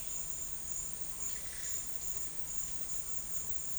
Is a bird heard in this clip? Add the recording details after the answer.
no. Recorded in dense forest near Puerto Asís, Putumayo, Colombia, on 20 February 2024 at 09:30. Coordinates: 0.484, -76.317. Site G6464